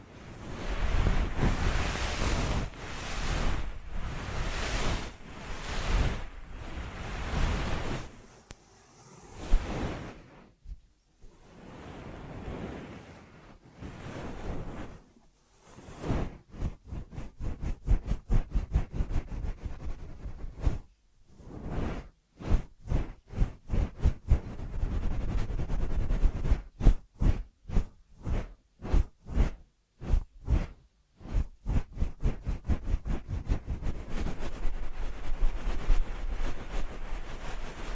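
Close, soft rustling and brushing strokes near the ear, slow sweeps early, then rapid rhythmic rubbing bursts with brief quiet gaps throughout.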